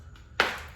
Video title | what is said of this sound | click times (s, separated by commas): Back to School/Back to Work Summer 2020 Coach Giveaway-CLOSED | there we go did y'all hear a super strong snap | 0.4 s